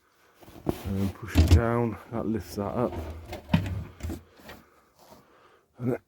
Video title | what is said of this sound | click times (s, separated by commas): IKEA Sofa bed made into rock&roll bed for campervan | and to put it back all you do is pull that out lift this up until it clicks | 0.7 s